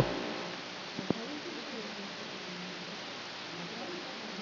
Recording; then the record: brain microelectrode recording played as sound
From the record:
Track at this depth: outside the subthalamic nucleus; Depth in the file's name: 0.048 mm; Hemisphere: left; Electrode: 2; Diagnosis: Parkinson's disease